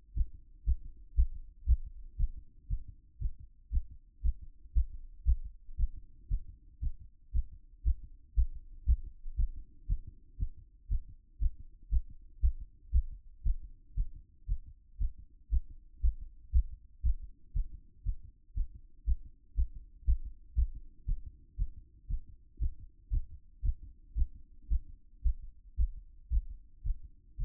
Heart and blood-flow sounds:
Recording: heart sounds by stethoscope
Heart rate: 117 bpm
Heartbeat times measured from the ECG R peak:
0.13 s: heartbeat
0.64 s: heartbeat
1.14 s: heartbeat
1.65 s: heartbeat
2.16 s: heartbeat
2.67 s: heartbeat
3.18 s: heartbeat
3.70 s: heartbeat
4.21 s: heartbeat
4.72 s: heartbeat
5.24 s: heartbeat
5.75 s: heartbeat
6.27 s: heartbeat
6.79 s: heartbeat
7.31 s: heartbeat
7.82 s: heartbeat
8.34 s: heartbeat
8.85 s: heartbeat
9.35 s: heartbeat
9.86 s: heartbeat
10.36 s: heartbeat
10.87 s: heartbeat
11.38 s: heartbeat
11.89 s: heartbeat
12.39 s: heartbeat
12.90 s: heartbeat
13.42 s: heartbeat
13.94 s: heartbeat
14.45 s: heartbeat
14.97 s: heartbeat
15.49 s: heartbeat
16.00 s: heartbeat
16.51 s: heartbeat
17.02 s: heartbeat
17.52 s: heartbeat
18.02 s: heartbeat
18.53 s: heartbeat
19.04 s: heartbeat
19.54 s: heartbeat
20.04 s: heartbeat
20.54 s: heartbeat
21.05 s: heartbeat
21.55 s: heartbeat
22.07 s: heartbeat
22.58 s: heartbeat
23.09 s: heartbeat
23.61 s: heartbeat
24.14 s: heartbeat
24.67 s: heartbeat
25.21 s: heartbeat
25.75 s: heartbeat
26.29 s: heartbeat
26.82 s: heartbeat
27.36 s: heartbeat
From the record:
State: after exercise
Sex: male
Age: 37 years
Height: 180 cm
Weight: 87 kg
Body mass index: 26.85

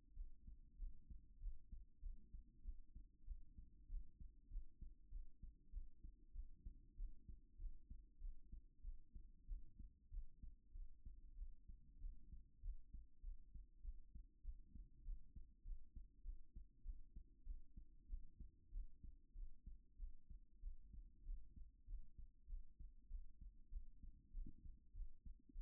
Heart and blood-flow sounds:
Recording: heart sounds by stethoscope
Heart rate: 97 bpm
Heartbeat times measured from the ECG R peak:
0.13 s: heartbeat
0.76 s: heartbeat
1.38 s: heartbeat
2.00 s: heartbeat
2.62 s: heartbeat
3.24 s: heartbeat
3.87 s: heartbeat
4.48 s: heartbeat
5.09 s: heartbeat
5.70 s: heartbeat
6.32 s: heartbeat
6.95 s: heartbeat
7.56 s: heartbeat
8.18 s: heartbeat
8.81 s: heartbeat
9.45 s: heartbeat
10.09 s: heartbeat
10.72 s: heartbeat
11.35 s: heartbeat
11.98 s: heartbeat
12.60 s: heartbeat
13.21 s: heartbeat
13.81 s: heartbeat
14.42 s: heartbeat
15.02 s: heartbeat
15.62 s: heartbeat
16.22 s: heartbeat
16.82 s: heartbeat
17.43 s: heartbeat
18.06 s: heartbeat
18.70 s: heartbeat
19.33 s: heartbeat
19.96 s: heartbeat
20.60 s: heartbeat
21.23 s: heartbeat
21.85 s: heartbeat
22.46 s: heartbeat
23.08 s: heartbeat
23.69 s: heartbeat
24.31 s: heartbeat
24.92 s: heartbeat
25.53 s: heartbeat
From the record:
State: after exercise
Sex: female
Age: 37 years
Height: 160 cm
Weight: 68 kg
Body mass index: 26.56

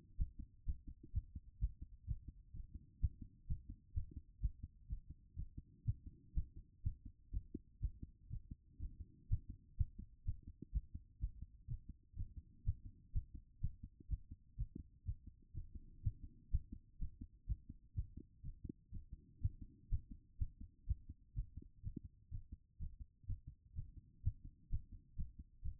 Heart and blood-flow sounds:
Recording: heart sounds by stethoscope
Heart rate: 125 bpm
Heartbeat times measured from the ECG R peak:
0.18 s: heartbeat
0.66 s: heartbeat
1.14 s: heartbeat
1.61 s: heartbeat
2.07 s: heartbeat
2.54 s: heartbeat
3.01 s: heartbeat
3.48 s: heartbeat
3.95 s: heartbeat
4.41 s: heartbeat
4.89 s: heartbeat
5.37 s: heartbeat
5.86 s: heartbeat
6.35 s: heartbeat
6.84 s: heartbeat
7.33 s: heartbeat
7.81 s: heartbeat
8.30 s: heartbeat
8.80 s: heartbeat
9.29 s: heartbeat
9.78 s: heartbeat
10.26 s: heartbeat
10.73 s: heartbeat
11.21 s: heartbeat
11.68 s: heartbeat
12.16 s: heartbeat
12.65 s: heartbeat
13.13 s: heartbeat
13.61 s: heartbeat
14.10 s: heartbeat
14.57 s: heartbeat
15.06 s: heartbeat
15.54 s: heartbeat
16.03 s: heartbeat
16.51 s: heartbeat
17.00 s: heartbeat
17.48 s: heartbeat
17.96 s: heartbeat
18.44 s: heartbeat
18.92 s: heartbeat
19.41 s: heartbeat
19.90 s: heartbeat
20.39 s: heartbeat
20.88 s: heartbeat
21.35 s: heartbeat
21.83 s: heartbeat
22.32 s: heartbeat
22.80 s: heartbeat
23.28 s: heartbeat
23.76 s: heartbeat
24.24 s: heartbeat
24.70 s: heartbeat
25.17 s: heartbeat
25.63 s: heartbeat
From the record:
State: after exercise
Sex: female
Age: 39 years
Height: 175 cm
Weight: 68 kg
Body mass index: 22.20

